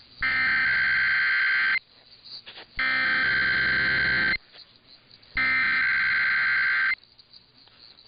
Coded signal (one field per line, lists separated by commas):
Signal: Emergency Alert System (SAME) tones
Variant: header bursts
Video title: [EAS #1835-#1837] Sunday & Halloween Weekly Tests